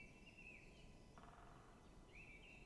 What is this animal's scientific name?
Dendrocopos major